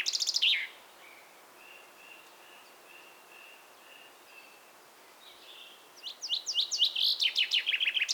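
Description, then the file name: Common chaffinch song: the end of one phrase at the start, faint thin repeated notes in the background, then a new rapid descending song. "Fringilla coelebs"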